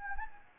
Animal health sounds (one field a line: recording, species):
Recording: mosquito wingbeat signal from an infrared sensor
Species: Anopheles gambiae